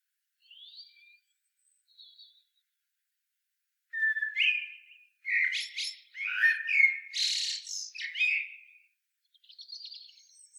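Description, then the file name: Common blackbird singing: soft high notes, then a long burst of mellow whistles and sharp squeaky notes, ending in faint twittering. "Turdus merula"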